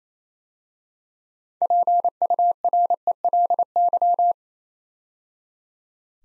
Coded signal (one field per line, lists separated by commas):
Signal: Morse code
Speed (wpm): 27 wpm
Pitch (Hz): 700 Hz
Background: none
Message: PURELY